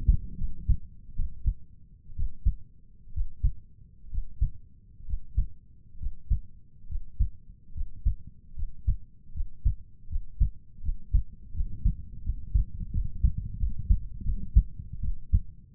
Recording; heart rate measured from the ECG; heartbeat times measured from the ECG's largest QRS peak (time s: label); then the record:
heart sounds by stethoscope; 74 bpm
0.37 s: heartbeat
1.15 s: heartbeat
2.15 s: heartbeat
3.12 s: heartbeat
4.09 s: heartbeat
5.04 s: heartbeat
5.97 s: heartbeat
6.86 s: heartbeat
7.72 s: heartbeat
8.53 s: heartbeat
9.31 s: heartbeat
10.07 s: heartbeat
10.80 s: heartbeat
11.52 s: heartbeat
12.21 s: heartbeat
12.90 s: heartbeat
13.56 s: heartbeat
14.22 s: heartbeat
14.99 s: heartbeat
From the record:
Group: healthy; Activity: Valsalva maneuver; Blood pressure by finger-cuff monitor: 110/65 mmHg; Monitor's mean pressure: 85 mmHg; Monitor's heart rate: 77 bpm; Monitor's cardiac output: 6.2 L/min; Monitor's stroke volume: 80 mL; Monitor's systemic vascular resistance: 930 dyn s/cm5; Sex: female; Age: 23 years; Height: 160 cm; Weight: 50.4 kg